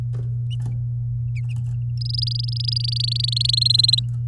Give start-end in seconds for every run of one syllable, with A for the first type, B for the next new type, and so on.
1.97-3.51 A, 3.53-4.00 B